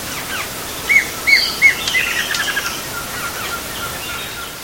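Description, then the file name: Spot-breasted antvireo giving a short run of four clear, evenly spaced notes, followed by a busier burst of chirps and twitters. Recorded in Itatiaia National Park, Brazil. "Dysithamnus-stictothorax-PNItatiaia-BR-11-1-14-ASilveira"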